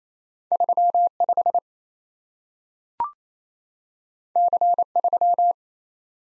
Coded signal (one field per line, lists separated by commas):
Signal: Morse code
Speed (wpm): 28 wpm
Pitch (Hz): 700 Hz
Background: none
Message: 35 C3